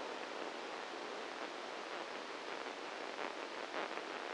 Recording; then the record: brain microelectrode recording played as sound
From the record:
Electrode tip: inside the subthalamic nucleus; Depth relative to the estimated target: 0 mm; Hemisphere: right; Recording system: NeuroSet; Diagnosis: Parkinson's disease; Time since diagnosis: 7 years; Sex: male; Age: 44 years